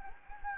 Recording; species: mosquito wingbeat signal from an infrared sensor; Anopheles gambiae